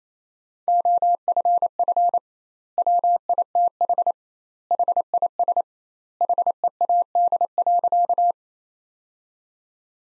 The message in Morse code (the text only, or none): OFF WITH HIS HEAD.